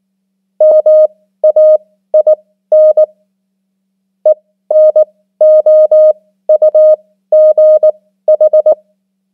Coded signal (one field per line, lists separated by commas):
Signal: Morse code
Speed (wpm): 20 wpm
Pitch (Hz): 620 Hz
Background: none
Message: MAIN ENOUGH